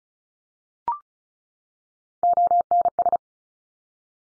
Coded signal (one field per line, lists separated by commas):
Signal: Morse code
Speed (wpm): 36 wpm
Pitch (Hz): 700 Hz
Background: none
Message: ONS